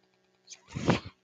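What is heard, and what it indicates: A faint brief hiss, then a louder, rushing whoosh of air lasting about half a second, with a low rumbling undertone. This is the mechanical cycling of a home ventilator delivering a breath.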